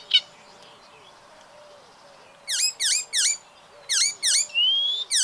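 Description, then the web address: Bird calls: after a quiet start with one short chirp, a series of loud V-shaped notes repeats about three times a second, with a rising whistle in between. "ornitologiya slovar Ptichki"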